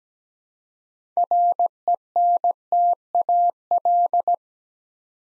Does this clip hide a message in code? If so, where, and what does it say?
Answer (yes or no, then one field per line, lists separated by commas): yes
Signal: Morse code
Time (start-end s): 1.2-4.3 s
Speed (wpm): 17 wpm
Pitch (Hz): 700 Hz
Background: none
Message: RENTAL